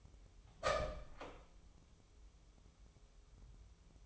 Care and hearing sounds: daily activity, microphone in the room; open door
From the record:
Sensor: 1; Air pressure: 1005.0 hPa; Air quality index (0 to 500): 87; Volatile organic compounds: 2 ppm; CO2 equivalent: 1181 ppm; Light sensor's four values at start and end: 10/24/9/10 and 10/24/9/10

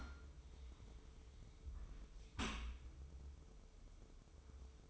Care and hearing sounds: daily activity, microphone in the room; close dishwasher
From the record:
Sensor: 1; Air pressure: 995.8 hPa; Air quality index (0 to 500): 57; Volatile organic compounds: 2 ppm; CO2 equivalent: 1103 ppm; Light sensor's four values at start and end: 32/109/42/44 and 32/109/42/44

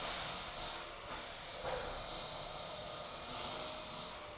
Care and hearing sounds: daily activity, microphone in the room; vacuum cleaning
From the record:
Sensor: 5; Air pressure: 1010.3 hPa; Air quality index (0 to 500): 120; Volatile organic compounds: 2 ppm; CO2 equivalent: 1180 ppm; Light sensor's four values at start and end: 484/1233/511/569 and 485/1235/512/570

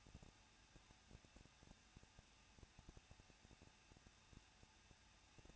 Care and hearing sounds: daily activity, microphone in the room; no activity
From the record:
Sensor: 2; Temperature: 21.0 degrees Celsius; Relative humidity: 37.3%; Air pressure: 1006.2 hPa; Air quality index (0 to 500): 221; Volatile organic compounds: 23 ppm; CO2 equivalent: 2796 ppm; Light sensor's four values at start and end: 2/3/2/2 and 2/3/2/2

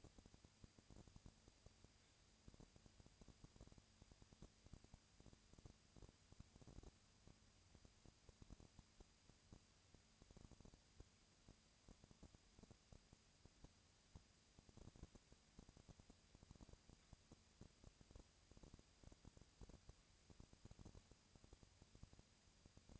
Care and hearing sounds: daily activity, microphone in the room; no activity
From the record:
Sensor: 2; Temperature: 20.3 degrees Celsius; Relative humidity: 37.0%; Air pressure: 998.7 hPa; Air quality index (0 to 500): 236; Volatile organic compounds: 38 ppm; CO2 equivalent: 3116 ppm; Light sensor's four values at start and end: 2/3/2/2 and 2/3/2/2

